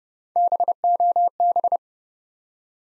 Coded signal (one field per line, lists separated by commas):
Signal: Morse code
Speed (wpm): 30 wpm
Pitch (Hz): 700 Hz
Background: none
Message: BOB